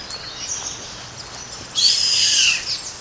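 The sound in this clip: Bird call: faint high notes, then a loud, harsh, hissing screech lasting under a second that tapers off, over a quiet background hiss.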